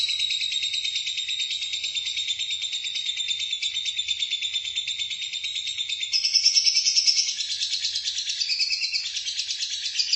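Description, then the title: Lovebird's extended rapid chatter, shrill and buzzy throughout, with a steady thin tone beneath and a louder, more varied stretch in the second half. "BM Suara Burung Lovebird"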